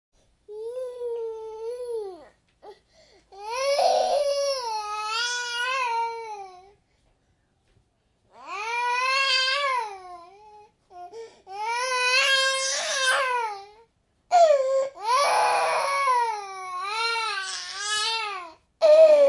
Baby cry.